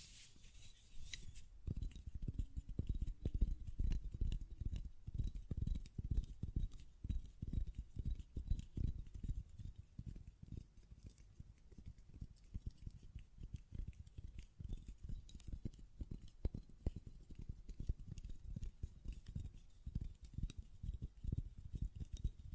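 Quick, uneven tapping on a glass perfume bottle runs throughout, mostly dull low knocks with occasional brighter clicks and a lid rattle early on.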